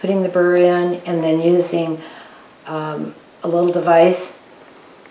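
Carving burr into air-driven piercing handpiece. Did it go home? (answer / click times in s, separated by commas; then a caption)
no / none. Someone talks while a rotary carving burr, held by friction fit, is being put back into an air-driven piercing handpiece using a small insertion device. Nothing has seated or clicked yet; the clip ends just before the burr goes home.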